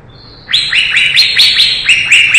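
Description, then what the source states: Leafbird song: after a brief quiet moment, a quick, lively string of bright, whistled, falling notes begins. Lively singing (gacor), 2017.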